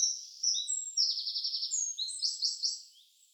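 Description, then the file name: Eurasian wren song fragment: high thin notes leading into a rapid rattling trill, then a run of quick sharp notes that fades out. "Troglodytes troglodytes"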